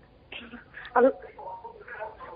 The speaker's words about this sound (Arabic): يا ريت تكلمينا من التليفون وتطفي صوت التلفزيون.